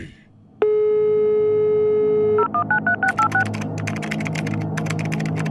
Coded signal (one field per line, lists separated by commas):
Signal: DTMF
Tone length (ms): 100 ms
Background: speech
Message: 0193686